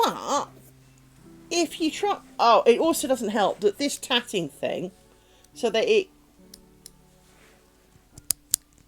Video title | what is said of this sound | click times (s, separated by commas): Twitch stream 26/10/25 - passing inch 4 while the clocks go back | clicks one end, doesn't click the other. | 8.3 s, 8.5 s